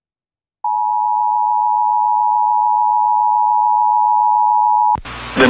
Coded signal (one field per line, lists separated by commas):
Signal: Emergency Alert System (SAME) tones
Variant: 853 and 960 Hz attention tone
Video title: EAS Confirmed Tornado EAS#264